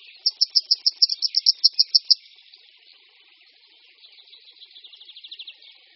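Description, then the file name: Grey wagtail: high, sharp repeated calls of a grey wagtail for about two seconds, followed by a softer, lower buzzy trill of quick notes. "Konipas-horský"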